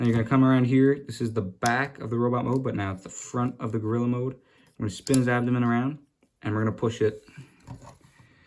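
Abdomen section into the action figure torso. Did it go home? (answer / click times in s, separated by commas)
no / none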